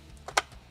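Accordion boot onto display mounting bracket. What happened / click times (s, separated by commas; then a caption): The rubber boot snapped onto the bracket / 0.4 s. An accordion boot is fitted over the display mounting bracket of a HEIGH10 radio for a 2008-2011 GMC Sierra and Chevy Silverado. A faint tick and a soft snap come first, then the boot snaps into place with one sharp click at 0.4 s. It is seated.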